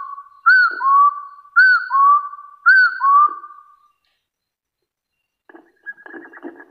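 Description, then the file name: Hill partridge giving three quick two-part whistles about a second apart, then silence and a short burst of rustling noise. "Tieng ga so nui"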